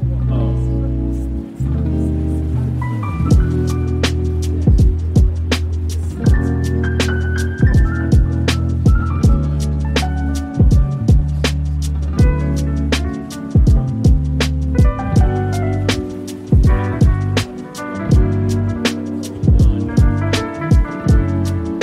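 Relaxed coffee shop music plays steadily, with deep held bass notes, bright plucked melody lines and crisp, regular percussive taps throughout.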